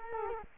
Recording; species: mosquito wingbeat signal from an infrared sensor; Culex quinquefasciatus